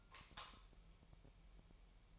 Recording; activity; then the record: daily activity, microphone in the room; light off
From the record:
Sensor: 1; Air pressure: 1001.9 hPa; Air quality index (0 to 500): 249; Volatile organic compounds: 53 ppm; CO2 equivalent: 3334 ppm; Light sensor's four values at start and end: 14/47/19/19 and 5/11/4/5